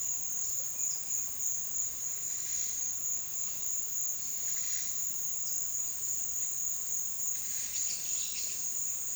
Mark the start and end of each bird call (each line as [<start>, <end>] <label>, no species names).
[0.57, 2.89] bird call
[4.30, 5.08] bird call
[7.21, 8.69] bird call